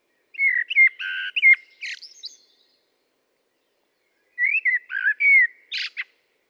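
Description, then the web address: Common blackbird delivering two warbled phrases of fluty whistles, each closing with brief, sharp high squeaks, separated by a silent gap of about two seconds. "SETE data Turdus merula"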